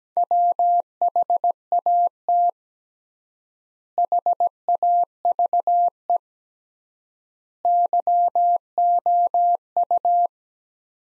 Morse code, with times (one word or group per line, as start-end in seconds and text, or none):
0.2-2.5 WHAT
4.0-6.2 HAVE
7.7-10.3 YOU